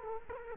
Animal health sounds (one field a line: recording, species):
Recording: mosquito wingbeat signal from an infrared sensor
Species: Culex quinquefasciatus